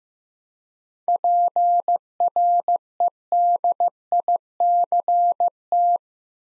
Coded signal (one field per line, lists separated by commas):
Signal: Morse code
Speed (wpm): 15 wpm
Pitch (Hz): 700 Hz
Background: none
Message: PREDICT